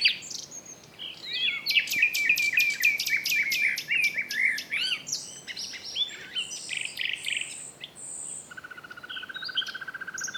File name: Luscinia megarhynchos